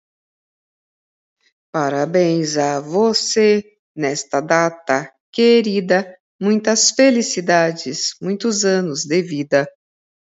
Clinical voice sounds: short text; Brazilian Portuguese; female; 50 to 59 years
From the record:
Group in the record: control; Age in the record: 58 years

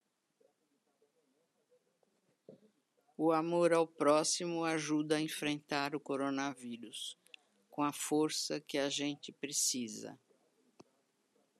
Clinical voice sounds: spoken sentence; Brazilian Portuguese; female; 70 to 79 years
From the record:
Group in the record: control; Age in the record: 75 years

